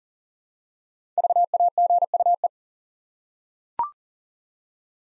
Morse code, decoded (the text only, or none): VAGUE